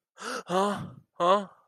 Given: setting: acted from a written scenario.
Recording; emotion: vocal sound without words; distress